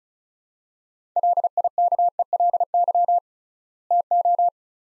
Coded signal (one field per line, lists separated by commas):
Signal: Morse code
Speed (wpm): 34 wpm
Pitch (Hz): 700 Hz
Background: none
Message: LIKELY TO